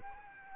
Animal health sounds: mosquito wingbeat signal from an infrared sensor; Culex quinquefasciatus

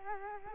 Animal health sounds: mosquito wingbeat signal from an infrared sensor; Culex quinquefasciatus

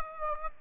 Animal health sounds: mosquito wingbeat signal from an infrared sensor; Aedes aegypti

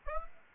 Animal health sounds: mosquito wingbeat signal from an infrared sensor; Aedes aegypti

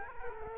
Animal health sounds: mosquito wingbeat signal from an infrared sensor; Culex quinquefasciatus

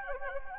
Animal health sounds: mosquito wingbeat signal from an infrared sensor; Anopheles gambiae

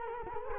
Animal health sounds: mosquito wingbeat signal from an infrared sensor; Culex quinquefasciatus

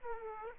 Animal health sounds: mosquito wingbeat signal from an infrared sensor; Aedes aegypti

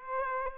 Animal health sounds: mosquito wingbeat signal from an infrared sensor; Aedes aegypti

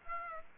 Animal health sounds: mosquito wingbeat signal from an infrared sensor; Aedes aegypti

